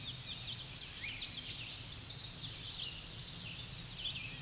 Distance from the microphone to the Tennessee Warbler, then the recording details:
about 30 m. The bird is about 5 m above the microphone. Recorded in a Pennsylvania forest on 16 May 2024 at 07:13. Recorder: AudioMoth, point MSD-2039. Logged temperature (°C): 15.0 °C. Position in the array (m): 83 m, 63 m